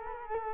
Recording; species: mosquito wingbeat signal from an infrared sensor; Culex quinquefasciatus